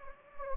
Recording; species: mosquito wingbeat signal from an infrared sensor; Anopheles gambiae